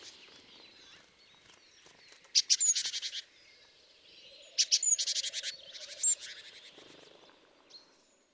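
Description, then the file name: Great tit calls: a few bursts of rapid, harsh chattering notes, with fainter twittering and a low background hum. "Parus major"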